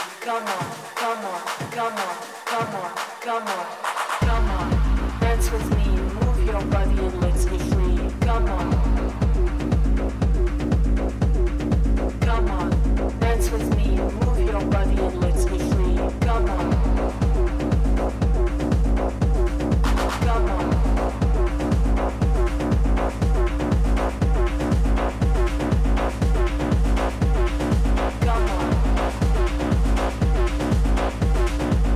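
Music at a Day of the Dead event in Tucson, Arizona. After a sparse, quieter opening of about four seconds, a loud, dense beat kicks in with a deep, steady thump repeating at a quick, even pace, layered with busy melodic sounds and bright accents through to the end.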